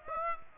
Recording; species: mosquito wingbeat signal from an infrared sensor; Aedes aegypti